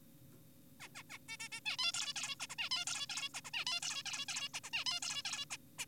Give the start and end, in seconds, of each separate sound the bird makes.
0.80-0.88, 0.95-1.03, 1.10-1.18, 1.29-1.37, 1.40-1.49, 1.52-1.60, 1.66-1.76, 1.79-1.92, 1.94-2.14, 2.16-2.36, 2.40-2.47, 2.50-2.55, 2.59-2.69, 2.71-2.85, 2.87-3.07, 3.10-3.29, 3.34-3.41, 3.45-3.50, 3.54-3.65, 3.67-3.80, 3.82-4.03, 4.06-4.26, 4.28-4.49, 4.54-4.60, 4.64-4.70, 4.73-4.84, 4.86-5.00, 5.02-5.22, 5.25-5.45, 5.51-5.57, 5.79-5.86